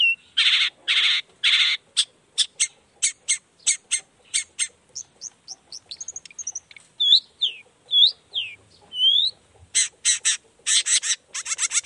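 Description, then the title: Long-tailed shrike song opening with loud harsh buzzes, then rapid clicking notes, several clear curved whistles and a return to scratchy rasps. Chatty morning song with varied notes, played to stir quiet shrikes into singing. "Cendet Gacor Dor Di Kala Pagi Toet Toet Variasi Suara. Cendet Gacor Di Pagi Hari Rangsangan Emosi Cendet Malas Bunyi Supaya Secepatnya Ikutan Bunyi"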